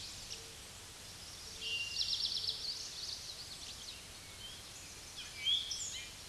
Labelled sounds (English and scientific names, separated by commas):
Eastern Towhee (Pipilo erythrophthalmus) song